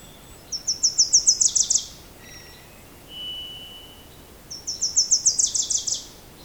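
Bird calls: a quick, very high trill of about a dozen sharp notes lasting a second, a faint brief note and a thin steady whistle, then the trill repeats.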